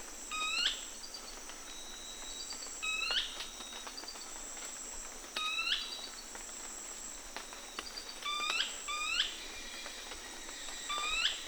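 Brownish twistwing calls: sharp, upward-hooked notes given several times at irregular intervals, over a steady high-pitched insect hum.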